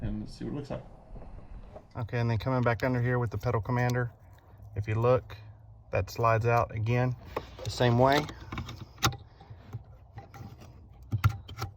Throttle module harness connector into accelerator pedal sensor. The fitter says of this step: then you push it on just like that it locks in place okay